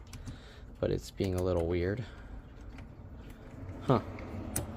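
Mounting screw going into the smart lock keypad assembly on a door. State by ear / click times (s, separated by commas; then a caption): seated / 4.6 s. A mounting screw is turned backwards into the exterior keypad assembly of a Yale Assure Lock SL touchscreen Wi-Fi smart lock on a door to find the thread start, with faint fumbling ticks while someone talks. A sharp click at 4.6 s marks the screw thread seating into place.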